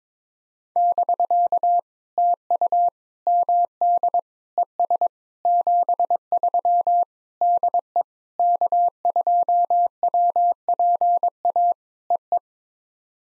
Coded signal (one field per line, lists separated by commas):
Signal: Morse code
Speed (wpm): 22 wpm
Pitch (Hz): 700 Hz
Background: none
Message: <BK> TU MD ES 73 DE K2WPA EE